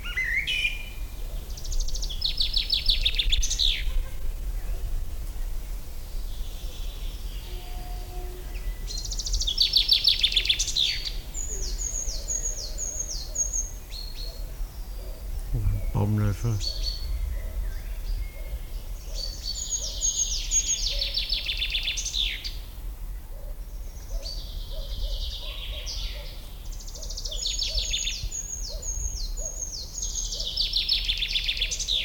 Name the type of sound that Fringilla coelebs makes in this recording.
song